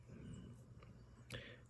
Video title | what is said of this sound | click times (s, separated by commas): Quick C3 Corvette Repair Right Rear Side Light | Okay, it kind of snapped into place. | 1.4 s